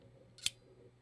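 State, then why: Released. A finger presses the green button on a cocked lancing device, firing its spring-loaded lancet holder. A faint soft tap at about 0.4 s leads into a single sharp, bright click at 0.5 s, then quiet background hum. The lancet holder is released.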